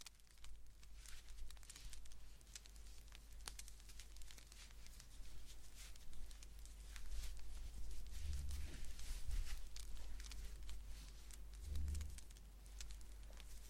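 Blanket knitting: steady soft clicks and crackly yarn rustles throughout over a low hum, with dull thumps near eight and twelve seconds.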